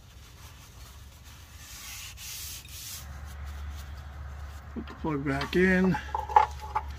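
An oil drain plug is pushed back into the engine oil pan of a 2020 Ford F-150 5.0 L V8 during an oil change. Steady rubbing and scraping is heard while someone talks. The plug seats with a sharp click at 6.4 s.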